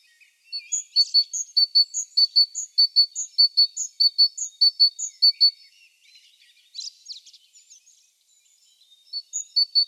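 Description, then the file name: Great tit song, a bright two-note phrase repeated rapidly for about five seconds, a short burst of other chatter, then the phrase starting again. "Parus major"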